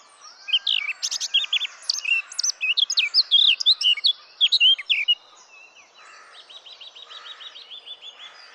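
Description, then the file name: Eurasian blackcap song: a lively warble of mixed whistled and chattering notes for about five seconds, followed by quieter repeated notes. "Sylvia atricapilla"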